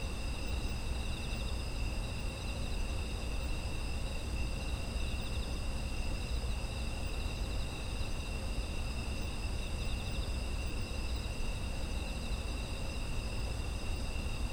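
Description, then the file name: Insect chorus of constant, layered high trilling that never stops, accompanied by a deep, steady background rumble. Autumn insect ambience. "秋の虫の環境音"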